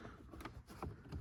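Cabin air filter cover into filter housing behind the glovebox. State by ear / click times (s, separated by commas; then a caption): not seated / none. The plastic cabin air filter cover of a 2015-2020 Honda Fit is pushed back toward the filter housing behind the glovebox, with short handling knocks at about 0.5 s and 0.8 s over low background rumble. Nothing has seated or clicked yet; the cover is not yet home.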